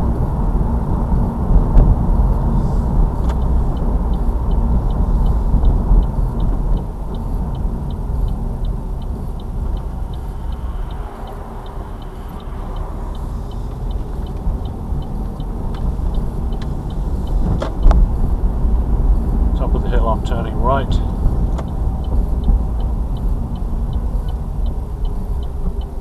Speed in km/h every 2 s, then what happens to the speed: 40, 40, 35, 29, 21, 16, 15, 15, 16, 23, 26, 23, 16.
2-11 slows to 15. 15-20 speeds up to 26. 20-26 slows to 16.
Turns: 12-17.